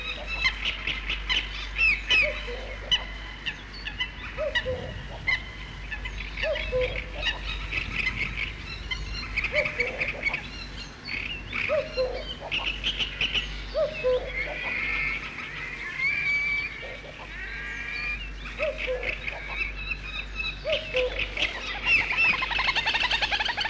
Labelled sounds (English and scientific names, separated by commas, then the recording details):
Common Cuckoo (Cuculus canorus)
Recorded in the wild
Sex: pair
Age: adult
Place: Petershain, Niederlausitz, Sachsen, DE
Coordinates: 51.3167, 14.7514
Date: 1963-06-10
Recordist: Meyer, Hugo